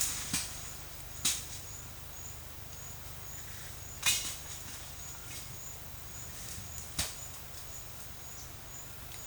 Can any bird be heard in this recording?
no